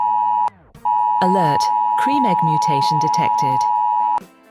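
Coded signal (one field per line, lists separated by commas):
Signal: Emergency Alert System (SAME) tones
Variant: 853 and 960 Hz attention tone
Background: speech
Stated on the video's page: Fictional EAS scenario.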